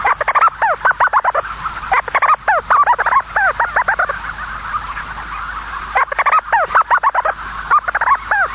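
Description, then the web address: Storm petrel giving rapid, rattling series of falling notes in bursts of a few seconds, with short gaps between, over a constant hiss. "sikioto. umitsubame"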